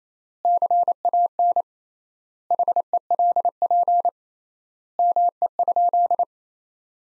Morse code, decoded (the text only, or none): CAN HELP ME?